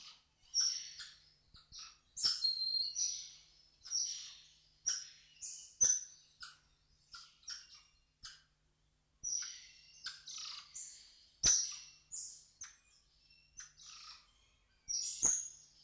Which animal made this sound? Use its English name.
Golden Lion Tamarin